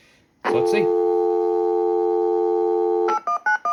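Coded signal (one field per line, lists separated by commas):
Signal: telephone call progress tone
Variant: North America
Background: speech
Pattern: dial tone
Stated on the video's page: Call progress tones through an Xlink Bluetooth Gateway instead of a landline, used with an old phone and dial-up modem.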